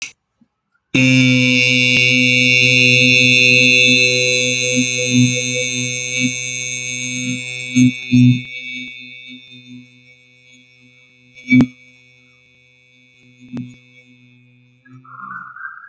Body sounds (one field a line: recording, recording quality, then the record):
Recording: sustained vowel as in beet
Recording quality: excellent, no background noise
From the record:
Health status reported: COVID-19 positive, mild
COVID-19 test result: positive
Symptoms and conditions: cough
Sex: male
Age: 36 years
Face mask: not worn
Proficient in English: yes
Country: India